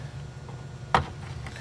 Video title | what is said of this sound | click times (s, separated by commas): Acrylic Spa Heater Fault Test | sure it clicks like that you can test it by seeing if you can remove it | 1.0 s